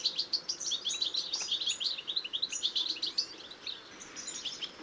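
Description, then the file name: European goldfinch twittering: quick, tinkling high notes in irregular bursts, with faint hiss behind. "Carduelis carduelis"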